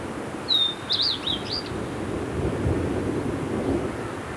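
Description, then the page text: White-bellied redstart song: one brief, high, squeaky twittering phrase early on, over a steady low rumble of background noise. "White-Bellied Redstart Song. Quick Sounds"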